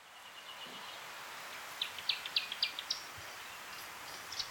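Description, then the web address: Newtonia calling: a quick series of sharp, high chips, then a few fainter ones, against a steady hiss of background noise. "sound Newtonia. صدای-پرنده-نوآوا"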